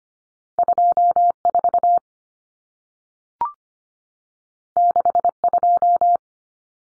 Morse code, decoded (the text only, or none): 24 62